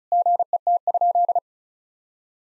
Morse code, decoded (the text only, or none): GET?